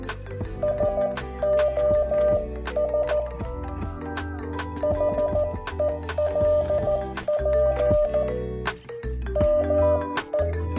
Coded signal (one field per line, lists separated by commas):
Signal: Morse code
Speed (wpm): 14 wpm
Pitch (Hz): 600 Hz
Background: music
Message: SOS HELP ME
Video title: Let's enjoy Morse code! #モールス #morse #モールス信号